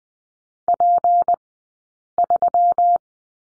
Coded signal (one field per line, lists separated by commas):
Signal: Morse code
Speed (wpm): 20 wpm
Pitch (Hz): 700 Hz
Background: none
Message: P3